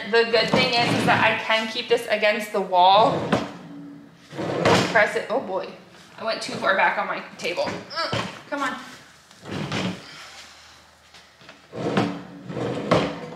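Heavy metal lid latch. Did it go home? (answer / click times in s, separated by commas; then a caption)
yes / 12.9 s. Someone talks while the upper platen of a digital heat press is pushed down by its handle, with a few knocks and thumps along the way. At 12.9 s a sharp click is heard as the lid locks shut in its closed position.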